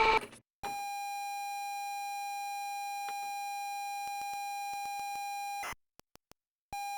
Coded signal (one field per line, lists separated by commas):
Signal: ZX Spectrum tape loading